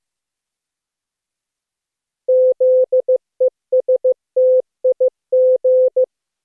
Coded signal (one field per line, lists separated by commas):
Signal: Morse code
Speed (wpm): 23 wpm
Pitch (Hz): 510 Hz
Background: none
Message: ZESTIG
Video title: Daily Minutes, December 3, 2015, without the Contestia.